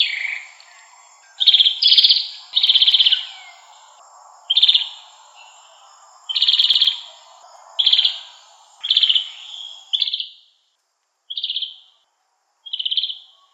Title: Kicau Kacer